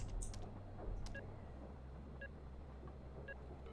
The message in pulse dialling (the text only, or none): none